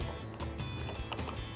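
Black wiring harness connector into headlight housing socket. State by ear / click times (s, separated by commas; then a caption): not seated / none. A black plastic wiring harness connector is handled near the socket on the back of a replacement OE-style headlight with a chrome housing and clear lens for a 2009-2018 RAM 1500. Handling noises over steady background music include brief bumps near 0.0, 0.6 and 1.3 seconds. Nothing has seated or clicked yet.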